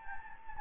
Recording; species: mosquito wingbeat signal from an infrared sensor; Anopheles gambiae